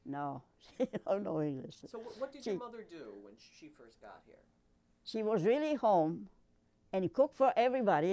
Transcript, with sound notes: No. She don't know English. ( she laughs )
So what did your mother do when she first got here?
She was really home, and cooked for everybody.